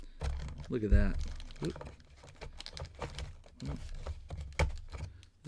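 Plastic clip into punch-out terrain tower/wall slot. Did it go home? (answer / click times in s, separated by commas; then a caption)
yes / 4.6 s. A plastic clip that had not gone all the way into the slot of a punch-out board terrain tower or wall is pushed down until it sits fully home. Someone talks over soft handling and crinkling sounds. A sharp hit at 4.6 s marks the clip seating.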